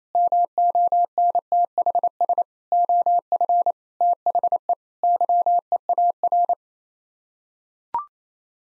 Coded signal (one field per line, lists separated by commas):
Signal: Morse code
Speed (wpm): 28 wpm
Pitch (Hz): 700 Hz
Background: none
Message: MONTHS OF THE YEAR